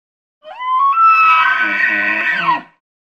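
Elk bugle: a rising whistled tone that climbs and holds high for about one and a half seconds over low guttural grunting, then drops away abruptly.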